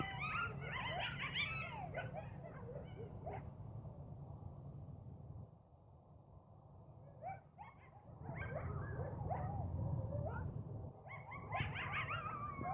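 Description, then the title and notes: Coyotes giving bursts of high yips and wavering howls, pausing before a second chorus, with a low hum underneath. Coyotes heard in a yard on January 31. "Coyotes in my yard - Jan 31"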